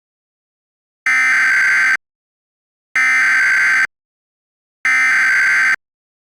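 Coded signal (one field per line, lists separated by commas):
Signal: Emergency Alert System (SAME) tones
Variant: header bursts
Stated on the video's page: Fictional EAS scenario, a preview of a simulated alert.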